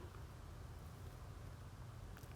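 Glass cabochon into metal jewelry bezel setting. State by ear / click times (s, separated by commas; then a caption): not seated / none. A glass cabochon topped with a layer of poured acrylic paint skin is pressed by hand into a glued metal jewelry bezel, but because the paint was poured on plastic it will not snap in and has to be held in place. Only a steady low rumble and hiss is heard, with two faint brief ticks near 0.2 and 2.2 seconds, and nothing has seated or clicked yet.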